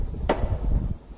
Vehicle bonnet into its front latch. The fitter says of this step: And let's leave it up and give it make sure you hear that nice click, and we've got the bonnet back down.